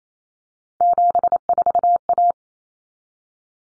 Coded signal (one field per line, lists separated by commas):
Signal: Morse code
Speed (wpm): 28 wpm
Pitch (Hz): 700 Hz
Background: none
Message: 74A